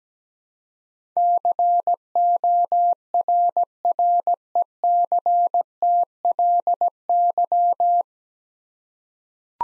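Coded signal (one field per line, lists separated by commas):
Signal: Morse code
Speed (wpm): 17 wpm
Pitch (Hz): 700 Hz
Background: none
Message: CORRECTLY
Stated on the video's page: Morse head-copy drill of nine-letter words at 17 wpm, each sent, spoken, then sent again.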